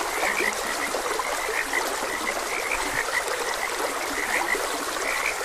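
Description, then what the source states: Frogs croaking in a chorus of short, bright repeated notes, overlapping constantly, over a steady rushing, trickling stream. Frogs croaking beside a gentle stream.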